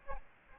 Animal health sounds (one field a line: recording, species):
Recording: mosquito wingbeat signal from an infrared sensor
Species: Aedes albopictus